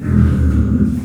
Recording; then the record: squeal of a Yucatan mini pig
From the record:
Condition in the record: after surgery on the right vocal fold (resection and tissue-engineered implant); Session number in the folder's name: 9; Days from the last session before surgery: 65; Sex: female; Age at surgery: 19 weeks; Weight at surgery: 25 kg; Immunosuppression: prednisolone